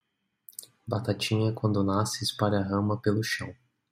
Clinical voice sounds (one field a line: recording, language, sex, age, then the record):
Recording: short text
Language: Brazilian Portuguese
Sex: male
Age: 20 to 29 years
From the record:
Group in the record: control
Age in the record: 26 years